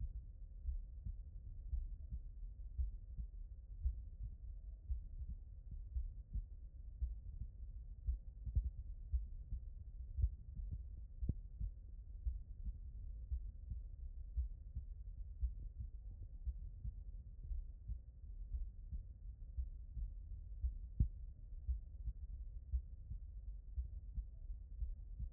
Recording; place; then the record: heart sounds by stethoscope; aortic valve (AV)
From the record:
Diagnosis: non-HFrEF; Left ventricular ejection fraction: 48%